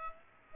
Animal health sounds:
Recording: mosquito wingbeat signal from an infrared sensor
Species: Aedes aegypti

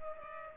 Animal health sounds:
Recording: mosquito wingbeat signal from an infrared sensor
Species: Culex pipiens

